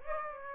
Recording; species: mosquito wingbeat signal from an infrared sensor; Aedes aegypti